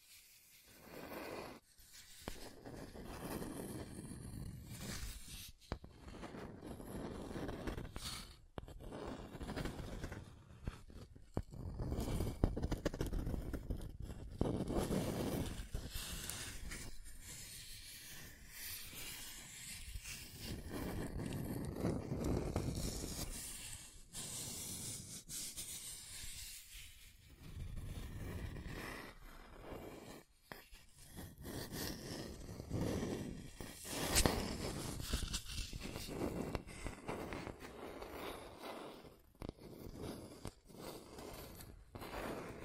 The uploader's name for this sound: Scratching & Tracing